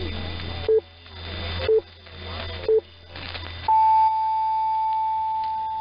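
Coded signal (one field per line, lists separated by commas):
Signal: radio time signal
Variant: time pips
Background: speech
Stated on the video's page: NHK Osaka Radio 1 on 666 kHz before 05:00 JST, received in Saitama, Japan, on an Airspy HF+ Discovery with various loop and wire antennas.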